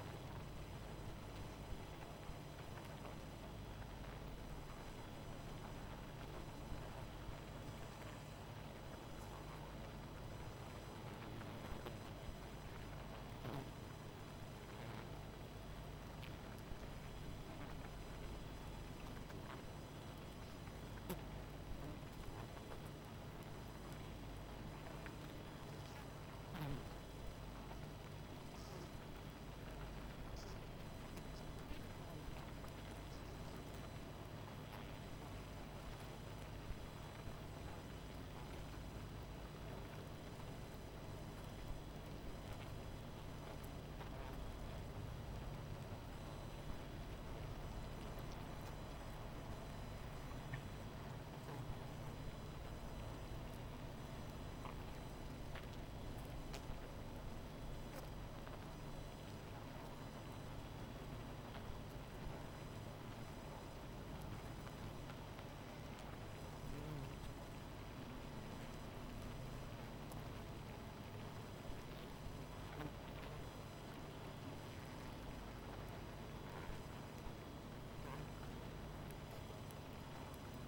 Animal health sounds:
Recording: honeybee colony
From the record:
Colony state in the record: missing queen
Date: 14 July 2017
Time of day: 19:35

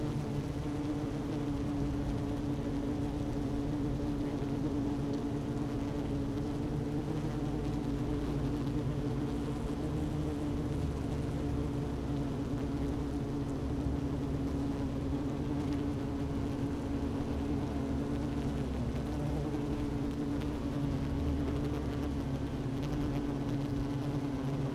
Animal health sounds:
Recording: honeybee colony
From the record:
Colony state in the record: active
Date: 12 June 2018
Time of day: 11:40

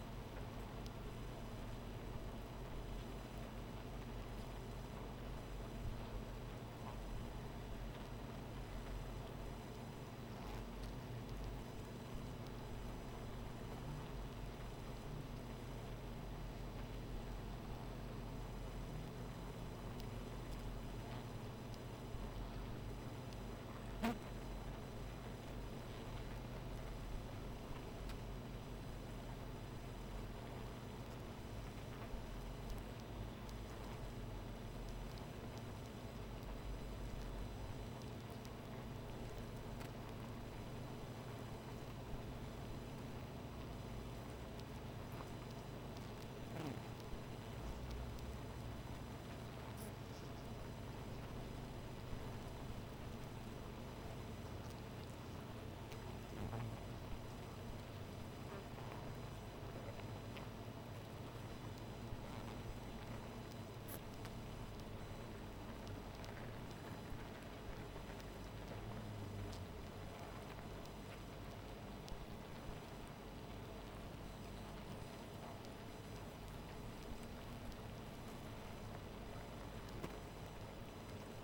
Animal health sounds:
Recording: honeybee colony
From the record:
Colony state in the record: missing queen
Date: 14 July 2017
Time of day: 0:10

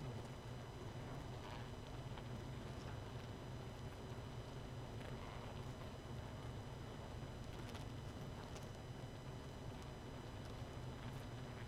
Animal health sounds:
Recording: honeybee colony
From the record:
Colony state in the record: missing queen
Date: 31 May 2018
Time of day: 21:42

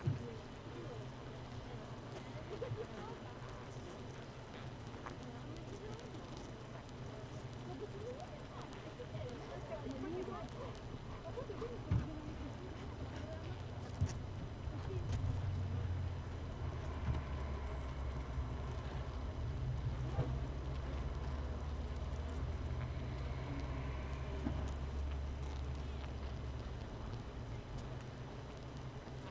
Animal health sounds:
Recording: honeybee colony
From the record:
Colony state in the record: missing queen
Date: 31 May 2018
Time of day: 15:59

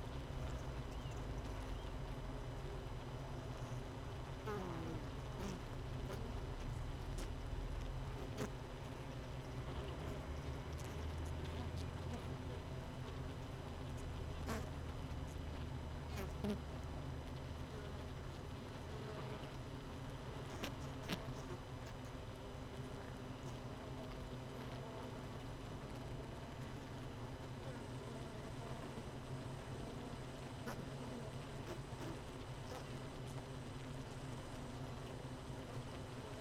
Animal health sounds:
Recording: honeybee colony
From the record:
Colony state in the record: missing queen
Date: 31 May 2018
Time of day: 18:01

